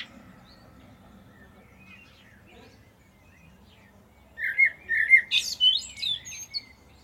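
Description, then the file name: Common blackbird song: two clear, fluty whistled notes lead into a tumbling series of higher, scratchy twitters, following a long quiet stretch. "Turdus merula"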